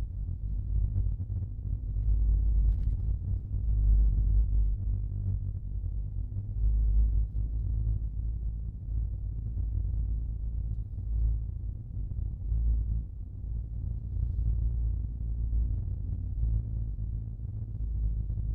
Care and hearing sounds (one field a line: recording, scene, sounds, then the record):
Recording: everyday scene through a hearing-aid microphone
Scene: in a vehicle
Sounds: engine, rumble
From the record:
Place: Skoda Fabia, gasoline engine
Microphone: in the ear canal, left